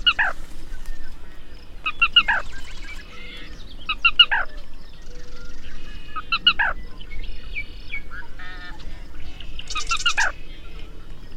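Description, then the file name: Black rail song: several groups of bright, downward-slurred notes a few seconds apart, with mechanical ticking and buzzy sounds between them. "Canto da sana preta"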